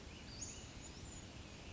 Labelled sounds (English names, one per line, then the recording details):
Western Flycatcher
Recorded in Sonoma County, California